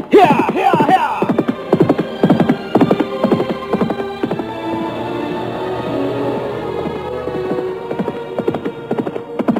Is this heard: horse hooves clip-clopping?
yes